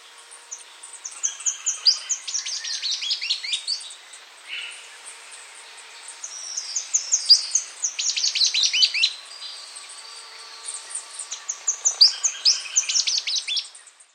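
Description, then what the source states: Salvadori's antwren song: three bursts of rapid, very high chirping and trilled notes, each lasting a few seconds, separated by quieter stretches. South America.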